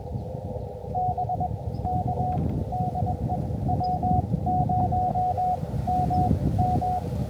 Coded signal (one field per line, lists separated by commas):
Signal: Morse code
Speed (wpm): 21 wpm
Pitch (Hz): 730 Hz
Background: none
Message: BK DE W0MM